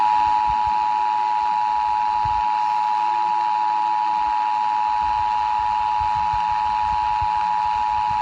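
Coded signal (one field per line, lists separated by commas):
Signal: Emergency Alert System (SAME) tones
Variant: 853 and 960 Hz attention tone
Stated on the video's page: Texas Required Monthly Test recorded off Fort Worth stations including WBAP-AM 820 kHz and several FM stations.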